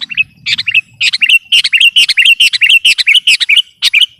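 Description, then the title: Sooty-headed bulbul giving a fast, continuous string of bright chirps and short falling whistles, phrases running together for about four seconds. "kutilang"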